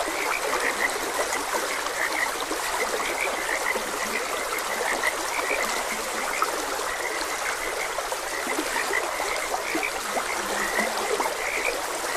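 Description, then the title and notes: Frogs croaking steadily in overlapping high, clipped notes, occasional low croaks near the end, with trickling, gurgling stream water constantly present. Frogs croaking beside a gentle stream; calming nature sounds. "Gentle Stream and Frogs Croaking - Calming Sounds of Nature. Sleep and Relaxation Podcast"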